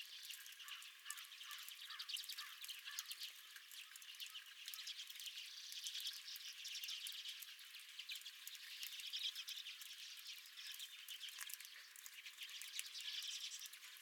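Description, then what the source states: Redpolls chattering steadily, a dense stream of overlapping high, dry twitters and buzzy chips from several birds, with a few louder calls standing out. Redpolls at the recordist's feeder.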